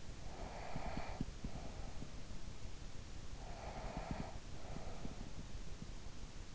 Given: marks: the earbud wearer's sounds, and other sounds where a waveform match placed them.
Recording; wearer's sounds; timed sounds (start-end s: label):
sounds in sleep by an in-ear microphone; breath
0.17-2.40 s: breath
3.14-5.94 s: breath